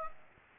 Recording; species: mosquito wingbeat signal from an infrared sensor; Aedes aegypti